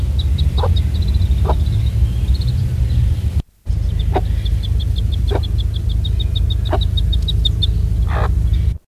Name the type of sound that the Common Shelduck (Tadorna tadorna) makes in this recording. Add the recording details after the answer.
call. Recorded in captivity. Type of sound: call. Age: diverse. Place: Zoo Gelsenkirchen, Nordrhein-Westfalen, DE. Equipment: Halbspur, 9,5 cm/s. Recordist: Lütgens, Hans. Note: 3-wöchige Junge mit Glucke